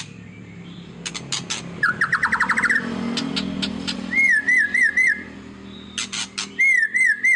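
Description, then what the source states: White-rumped shama song with a buzzy trill, sharp clicks and repeated wavering whistled notes, over a low background hum. Song used as a lure to make other birds respond.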